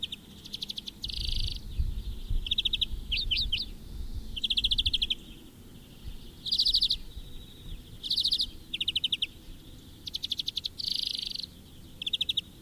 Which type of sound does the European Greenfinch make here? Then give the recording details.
song. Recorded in the wild. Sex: male. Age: adult. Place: Erlangen, Wehneltstraße, Bayern, DE. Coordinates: 49.5781, 11.0028. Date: 1964-04-09. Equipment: Vollspur. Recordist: Tretzel, Erwin